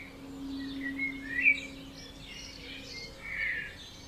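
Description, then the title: Birds in a dawn chorus, several overlapping chirps and whistled phrases, with a steady low hum running underneath. Dawn chorus at 4am in Oberhofen, Inntal valley, Austria; binaural recording. "Birds Oberhofen Inntal Austria - 4am - binaural version"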